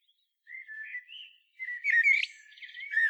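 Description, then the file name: Common blackbird singing a rich, low, fluty warble of several slurred whistles, rising into a brief scratchy flourish. "Turdus merula"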